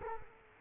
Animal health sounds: mosquito wingbeat signal from an infrared sensor; Culex quinquefasciatus

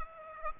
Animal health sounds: mosquito wingbeat signal from an infrared sensor; Aedes aegypti

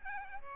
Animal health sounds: mosquito wingbeat signal from an infrared sensor; Aedes albopictus

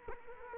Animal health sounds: mosquito wingbeat signal from an infrared sensor; Culex quinquefasciatus

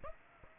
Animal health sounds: mosquito wingbeat signal from an infrared sensor; Aedes aegypti

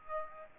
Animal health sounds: mosquito wingbeat signal from an infrared sensor; Aedes aegypti

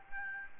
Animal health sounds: mosquito wingbeat signal from an infrared sensor; Aedes albopictus

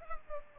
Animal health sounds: mosquito wingbeat signal from an infrared sensor; Culex pipiens

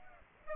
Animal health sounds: mosquito wingbeat signal from an infrared sensor; Aedes aegypti

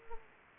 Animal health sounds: mosquito wingbeat signal from an infrared sensor; Anopheles gambiae

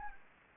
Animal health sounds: mosquito wingbeat signal from an infrared sensor; Anopheles arabiensis

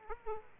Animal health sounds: mosquito wingbeat signal from an infrared sensor; Aedes aegypti

